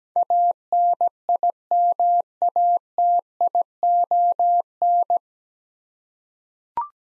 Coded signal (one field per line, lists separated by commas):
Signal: Morse code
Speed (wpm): 17 wpm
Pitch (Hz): 700 Hz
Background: none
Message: ANIMATION